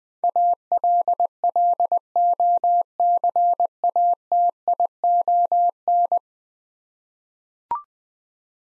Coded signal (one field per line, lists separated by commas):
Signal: Morse code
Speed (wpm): 20 wpm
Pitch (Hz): 700 Hz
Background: none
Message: ALLOCATION